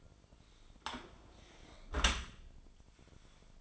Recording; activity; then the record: daily activity, microphone in the room; close dishwasher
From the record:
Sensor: 5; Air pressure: 1003.2 hPa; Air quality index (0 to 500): 129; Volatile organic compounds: 1 ppm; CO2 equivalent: 944 ppm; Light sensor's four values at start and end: 91/219/93/107 and 87/210/90/102